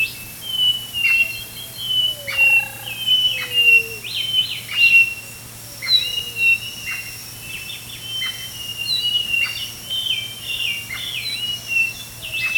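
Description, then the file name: White-eyed thrush calling with thin high whistled notes, flat then slurred, repeated in short bursts about once a second; a lower falling whistle sounds now and then beneath. "White-eyed-Thrush-call Robert-L -Sutton"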